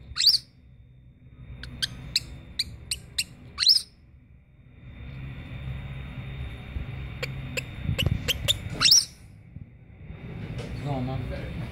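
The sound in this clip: Kinkajou squeaks: sharp, high rising squeals near the start and around four and nine seconds, with quick clicky pulses in bursts between them over low rumbling background noise.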